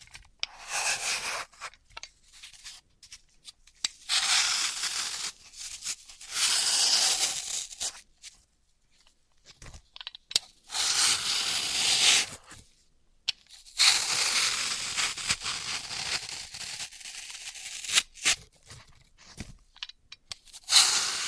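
Floral foam being crushed and cut in bursts of bright, gritty crunching and scraping, separated by short silences and occasional sharp taps.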